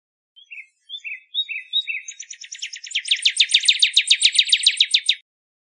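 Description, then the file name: Northern cardinal singing: several short whistled notes speed up into a long, rapid trill that grows louder, in silence. Arizona. "NOCA 5 Deviche"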